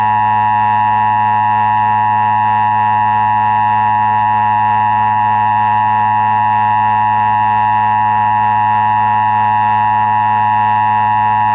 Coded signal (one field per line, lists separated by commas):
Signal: Emergency Alert System (SAME) tones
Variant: 853 and 960 Hz attention tone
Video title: Emergency Broadcast System (EAS) Test,1993 *Reuploaded*